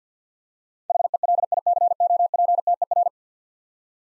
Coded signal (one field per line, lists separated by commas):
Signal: Morse code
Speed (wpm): 50 wpm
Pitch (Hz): 700 Hz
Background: none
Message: HELICOPTER